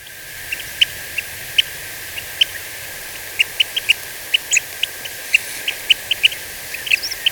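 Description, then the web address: Paramo ground-tyrant giving short, sharp, high-pitched notes at irregular intervals, sometimes in quick pairs or small clusters, over a steady hiss. Ecuador, South America. "Birds of Ecuador 3. Paramo Ground-Tyrant"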